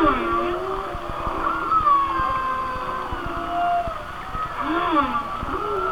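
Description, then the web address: Whale song of drawn-out tonal moans, some rising and falling, others held steady, layered over a constant low rumble and crackling noise. "Natures Songs Whale Songs Whale Songs"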